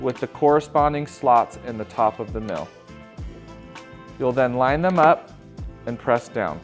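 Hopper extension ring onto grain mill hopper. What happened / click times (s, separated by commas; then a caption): Handled, not yet home: the part has not clicked into place / none. The plastic hopper extension ring of a NutriMill Classic grain mill is handled, its three tabs lined up with the slots in the top of the mill to be pressed down onto the hopper. Someone talks over background music, and no distinct click stands out. Nothing has seated or clicked yet, and the ring is not yet home.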